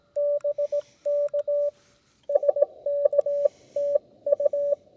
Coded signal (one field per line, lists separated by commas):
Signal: Morse code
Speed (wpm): 17 wpm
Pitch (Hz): 580 Hz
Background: none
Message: BK SK TU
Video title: How To Operate Portable Ham Radio Using Minimal Equipment